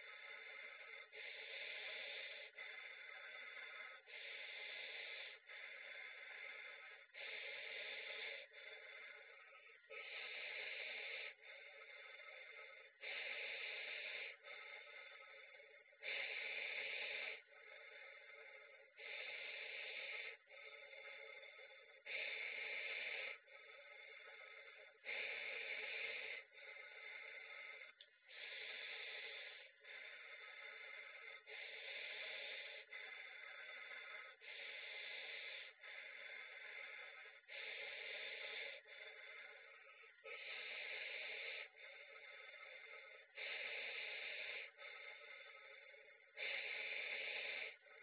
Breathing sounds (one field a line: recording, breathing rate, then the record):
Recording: paced breathing near a phone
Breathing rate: 20 breaths a minute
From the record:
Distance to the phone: 40 cm